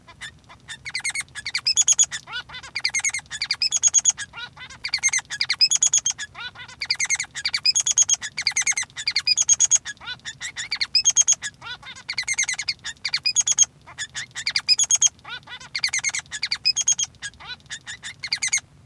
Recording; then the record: song of a male Bengalese finch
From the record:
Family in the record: son of father 3